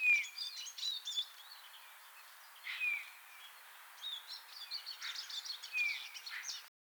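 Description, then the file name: Eurasian bullfinch giving short downslurred whistles, three spaced a few seconds apart, while other small birds chatter and chirp at higher pitch throughout. "Pyrrhula pyrrhula"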